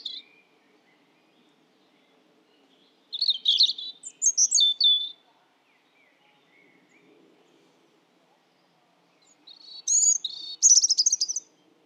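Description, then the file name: European robin song in separated bursts of high tinkling trills and warbles, with faint low hum beneath. "Erithacus rubecula"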